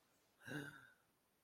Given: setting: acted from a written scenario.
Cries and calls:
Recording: vocal sound without words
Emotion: interest

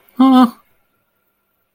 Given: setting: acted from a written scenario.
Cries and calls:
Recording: vocal sound without words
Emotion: distress

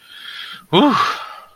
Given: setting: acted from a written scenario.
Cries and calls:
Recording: vocal sound without words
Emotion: relief

